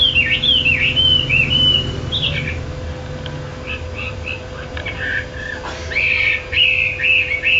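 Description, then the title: Bird song of sliding whistled phrases, then a quieter stretch of scattered soft notes before the bright warbling resumes; a faint steady hum underneath. "SuaraBurung Kicau6"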